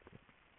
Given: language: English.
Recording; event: throat vibration sensor signal played as sound; swallow